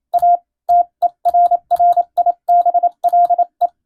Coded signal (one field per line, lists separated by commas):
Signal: Morse code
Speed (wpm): 27 wpm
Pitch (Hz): 700 Hz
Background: radio noise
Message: A TERRIBLE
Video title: 懐かしいなぁ、モールス信号！モールスを教える専門学校がありました！国家試験に準じた欧文無線電報です。今でも国家試験があります。アマチュア無線の受信練習にどうぞ morse code practice